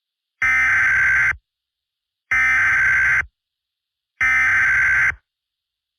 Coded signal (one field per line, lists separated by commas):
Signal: Emergency Alert System (SAME) tones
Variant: header bursts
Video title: EAS Scenario *ALL FAKE*